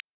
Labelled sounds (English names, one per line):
Black-throated Blue Warbler flight call